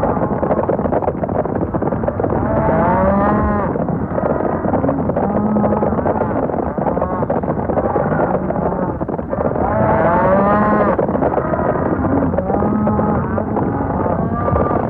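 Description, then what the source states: Cattle bellowing and mooing in a dense chorus over a constant rumble of many hooves, with rising and falling lowing calls overlapping throughout. Cattle stampede.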